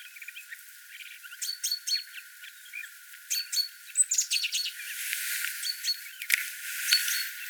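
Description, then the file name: Great tit giving rasping churring calls in clusters, with soft hissing background noise growing toward the end. "Parus major"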